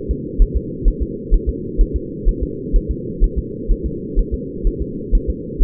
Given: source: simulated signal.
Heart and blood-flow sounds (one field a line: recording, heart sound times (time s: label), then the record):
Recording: fetal heart sounds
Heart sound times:
0.11 s: S2
0.42 s: S1
0.57 s: S2
0.88 s: S1
1.02 s: S2
1.34 s: S1
1.49 s: S2
1.81 s: S1
1.96 s: S2
2.29 s: S1
2.43 s: S2
2.76 s: S1
2.91 s: S2
3.24 s: S1
3.38 s: S2
3.71 s: S1
3.86 s: S2
4.19 s: S1
4.34 s: S2
4.67 s: S1
4.82 s: S2
5.15 s: S1
5.30 s: S2
5.63 s: S1
From the record:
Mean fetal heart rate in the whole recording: 130 bpm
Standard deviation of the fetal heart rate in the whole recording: 4 bpm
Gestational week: 38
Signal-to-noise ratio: -4.1 dB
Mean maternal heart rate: no maternal heart sound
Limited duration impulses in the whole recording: absent